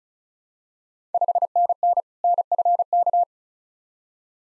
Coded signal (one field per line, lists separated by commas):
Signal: Morse code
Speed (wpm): 34 wpm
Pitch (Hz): 700 Hz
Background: none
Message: 5NN NFK